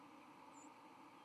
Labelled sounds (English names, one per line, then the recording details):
White-throated Sparrow flight call
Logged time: 09:14 on 31 October 2014